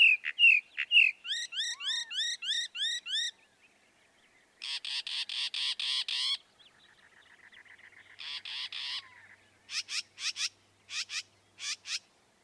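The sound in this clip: Northern mockingbird song: rapid rising notes, then long harsh raspy phrases, then sharp repeated clicking notes in short bursts.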